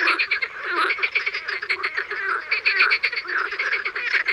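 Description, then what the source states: Frogs and toads: frogs croaking in a loud chorus, rapid overlapping rattles and clicks with brief higher squeaky notes throughout. Frogs and toads calling in the morning.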